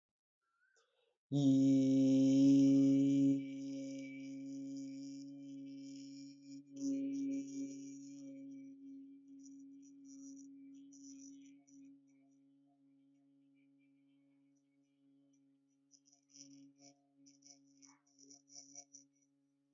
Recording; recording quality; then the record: sustained vowel as in beet; excellent, no background noise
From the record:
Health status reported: healthy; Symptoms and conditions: none ticked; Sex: male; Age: 23 years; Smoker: not ticked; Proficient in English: yes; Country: India